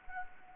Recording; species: mosquito wingbeat signal from an infrared sensor; Anopheles gambiae